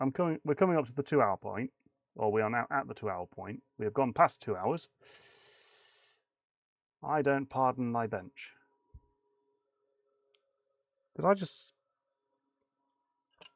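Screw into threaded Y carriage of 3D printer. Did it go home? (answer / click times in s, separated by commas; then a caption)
no / 10.4 s. A screw is tightened into the threaded Y carriage of a 3D printer during assembly while someone talks. A small sharp sound at 10.4 s marks the thread stripping because it was not done gently. A brief hiss follows the speech, and a short sound comes near the end.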